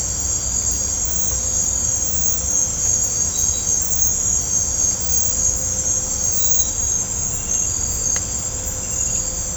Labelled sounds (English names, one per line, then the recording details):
none
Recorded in pastures near Puerto Asís, Putumayo, Colombia, on 18 December 2024 at 01:30
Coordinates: 0.502, -76.324
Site G077